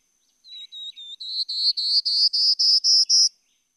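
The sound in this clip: Prairie warbler singing a rising ladder of about a dozen buzzy notes, starting lower and thinner and climbing higher and louder to the end.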